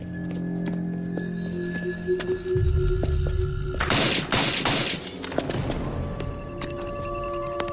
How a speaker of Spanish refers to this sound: ¡Hay disparos! ¡Hay disparos! ¡Hay disparos! ¡Hay disparos!